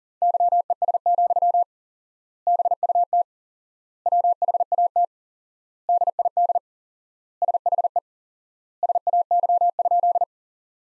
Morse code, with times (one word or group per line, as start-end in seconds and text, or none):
0.2-1.6 YES,
2.5-3.2 BUT
4.1-5.0 WHAT
5.9-6.6 DID
7.4-8.0 SHE
8.8-10.2 SAY?